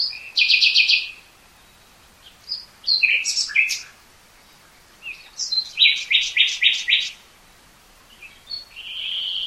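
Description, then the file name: Common nightingale song: a loud rattling burst, a few varied notes, then a rhythmic series of several emphatic repeated notes and a final soft note. "Luscinia megarhynchos"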